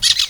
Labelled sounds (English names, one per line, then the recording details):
Brown-throated Parakeet contact call
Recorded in Venezuela
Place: Guárico; Corozopando; Fundo La Fe
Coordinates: 8.506, -67.593